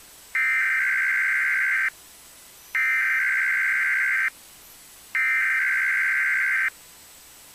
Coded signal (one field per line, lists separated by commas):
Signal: Emergency Alert System (SAME) tones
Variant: header bursts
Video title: EAS 1603-1605: KDKA EAS Test + Usual Relays and Deviousness